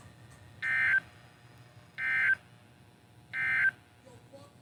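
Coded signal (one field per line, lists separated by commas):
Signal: Emergency Alert System (SAME) tones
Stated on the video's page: Central Ohio flood alerts, received on a weather radio; the flood watch lacked the 1050 Hz tone.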